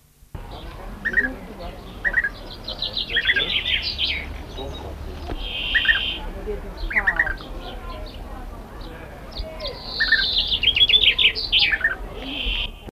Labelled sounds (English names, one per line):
European Bee-eater call